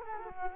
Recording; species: mosquito wingbeat signal from an infrared sensor; Culex quinquefasciatus